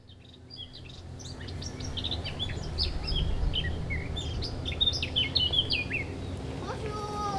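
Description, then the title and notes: Eurasian blackcap song, fast varied warbling phrases with clear fluty notes, building through the middle, over steady low background noise. Singing in a large maple tree beside a path in a garden at Aix-les-Bains, Savoie, France, with passers-by nearby. "dans le Jardin Vagabond , les passants et le chant d'une fauvette à tête noire"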